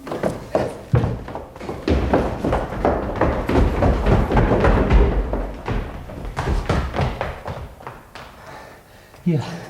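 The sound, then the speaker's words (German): A door is opened amid a cluster of dull thuds and knocks, followed by shuffling, footstep-like movement, with a sharper bump near the end. “Die Tür wird geöffnet.”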